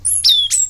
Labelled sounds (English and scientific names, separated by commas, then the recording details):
Stitchbird (Notiomystis cincta) song
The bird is a male
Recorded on Tiritiri Matangi Island, New Zealand, in 2005
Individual 17, of nest box 25